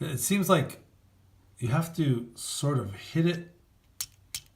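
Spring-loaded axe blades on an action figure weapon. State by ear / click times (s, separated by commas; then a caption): released / 4.0 s, 4.4 s. Someone talks, then the spring-loaded plastic blades on an action figure's toy axe are struck against something and flip out. Two sharp plastic snaps sound at 4.0 s and 4.4 s as the blades are released.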